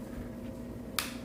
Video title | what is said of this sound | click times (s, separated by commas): Finding another Ruckus on the road. My future Ruckus trip plans. New motovlog setup. | Ah, okay, yeah, this pops right in. | 1.0 s